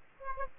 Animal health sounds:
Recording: mosquito wingbeat signal from an infrared sensor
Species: Aedes aegypti

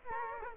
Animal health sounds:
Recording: mosquito wingbeat signal from an infrared sensor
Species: Aedes aegypti

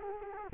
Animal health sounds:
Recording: mosquito wingbeat signal from an infrared sensor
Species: Culex quinquefasciatus

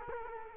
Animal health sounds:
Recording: mosquito wingbeat signal from an infrared sensor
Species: Culex quinquefasciatus

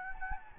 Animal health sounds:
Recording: mosquito wingbeat signal from an infrared sensor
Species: Anopheles gambiae

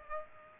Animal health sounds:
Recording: mosquito wingbeat signal from an infrared sensor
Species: Aedes aegypti

